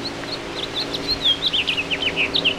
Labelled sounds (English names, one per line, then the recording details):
House Finch song
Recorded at Bridgehampton on Long Island, New York, on 22 June 2013
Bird G